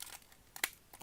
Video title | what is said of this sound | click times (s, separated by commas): Transformers Masterpiece MP-14C Clampdown Review | There's a tab here and a hole here, or a port here, and you're just going to, until you hear them snap, and | 0.6 s